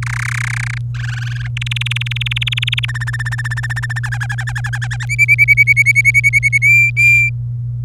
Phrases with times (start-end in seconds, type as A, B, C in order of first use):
0.02-0.78 A, 0.95-1.47 B, 1.57-2.85 C, 2.88-3.99 D, 4.03-5.05 E, 5.09-6.58 F, 6.62-7.29 G